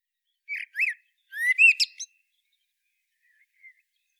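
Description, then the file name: Common blackbird song fragment: two short fluted notes, then a rising whistled phrase with a squeaky flourish, and a faint soft note afterward. "Turdus merula"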